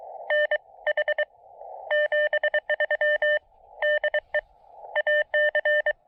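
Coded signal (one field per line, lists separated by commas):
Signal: Morse code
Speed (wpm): 24 wpm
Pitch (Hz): 600 Hz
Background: none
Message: NH 73 DE AC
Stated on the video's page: SOTA activation on a summit using a transformer-less random wire antenna, with pileups.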